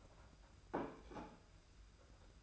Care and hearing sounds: daily activity, microphone in the room; place plate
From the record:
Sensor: 2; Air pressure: 991.6 hPa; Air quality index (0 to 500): 185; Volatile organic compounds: 1000 ppm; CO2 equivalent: 6045 ppm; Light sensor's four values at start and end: 27/85/33/31 and 27/85/33/31

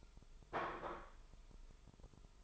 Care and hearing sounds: daily activity, microphone in the room; place plate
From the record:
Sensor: 5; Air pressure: 988.7 hPa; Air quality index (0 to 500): 236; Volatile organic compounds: 198 ppm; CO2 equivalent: 4207 ppm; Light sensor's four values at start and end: 40/125/48/52 and 40/125/48/52

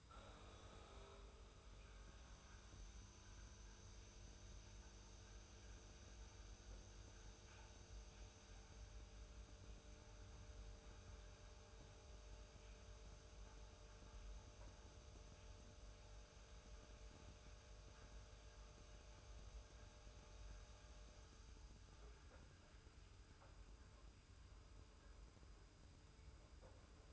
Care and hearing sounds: daily activity, microphone in the room; make coffee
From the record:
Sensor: 2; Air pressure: 990.6 hPa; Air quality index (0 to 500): 160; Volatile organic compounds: 695 ppm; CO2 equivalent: 5038 ppm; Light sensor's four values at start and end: 23/54/22/22 and 23/54/22/22

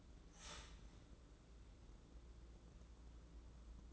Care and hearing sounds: daily activity, microphone in the room; start toaster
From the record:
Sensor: 3

